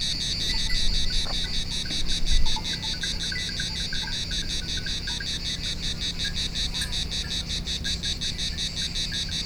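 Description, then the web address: Cicada song of evenly pulsed, shrill buzzing that holds steady throughout, over low background rumble and occasional faint chirps. Recorded on Thassos, Greece, in 2016. "hanggyujtemeny gorogtaj thassos 2016 ketkaboca kecskekrovarok kecskesut"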